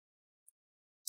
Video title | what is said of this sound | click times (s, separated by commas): How to Clean & Repaste Your Dell Inspiron 15 3505 Laptop - Easy Guide | going in the front if you hit those big click sounds those are the clips are getting loose on in here those are | 0.5 s, 1.1 s